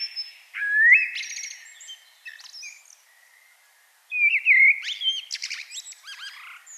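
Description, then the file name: Common blackbird song: two fluted phrases that break into high, scratchy twittering, with a short pause between them. "Turdus merula"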